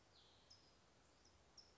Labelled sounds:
California Towhee
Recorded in Sonoma County, California

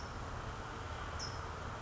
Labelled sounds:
California Towhee
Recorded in Sonoma County, California

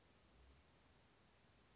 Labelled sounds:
Western Flycatcher
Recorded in Sonoma County, California

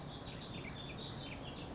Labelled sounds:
California Towhee
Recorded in Sonoma County, California

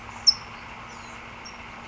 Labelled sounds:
California Towhee
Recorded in Sonoma County, California

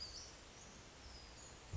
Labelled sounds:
Western Flycatcher
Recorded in Sonoma County, California

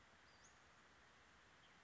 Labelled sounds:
Western Flycatcher
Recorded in Sonoma County, California

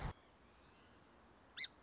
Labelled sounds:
Song Sparrow
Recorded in Sonoma County, California

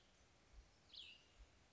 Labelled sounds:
Cassin's Vireo
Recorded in Sonoma County, California

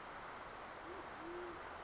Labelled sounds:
Band-tailed Pigeon
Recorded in Sonoma County, California

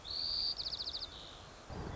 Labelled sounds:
White-crowned Sparrow
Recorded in Sonoma County, California

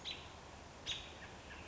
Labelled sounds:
American Robin
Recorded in Sonoma County, California

